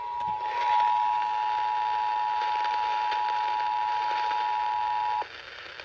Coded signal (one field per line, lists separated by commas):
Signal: Emergency Alert System (SAME) tones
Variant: 853 and 960 Hz attention tone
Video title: EAS Compilation (EAS #471-476) + Code 3 Bonus (February 22, 2022).